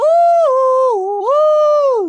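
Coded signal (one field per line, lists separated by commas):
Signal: whistled language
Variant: Kongthong jingrwai iawbei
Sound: a short hummed or voiced melody of three sustained pitches, falling then rising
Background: small room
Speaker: So you told me the long version of your name. What's the short version?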